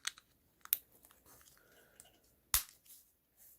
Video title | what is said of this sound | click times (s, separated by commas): Adding a garage door switch-button to a Subaru Crosstrek/Forester | this back in. This just snaps in. | 0.7 s, 2.5 s